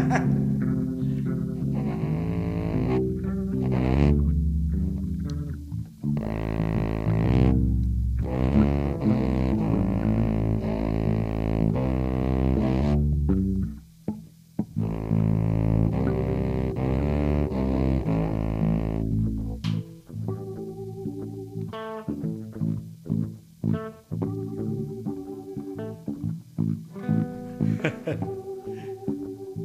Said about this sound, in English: Trying to get a slap bass sound out of my electric upright, but you just can't get that same sound without frets, or at least I haven't found a way.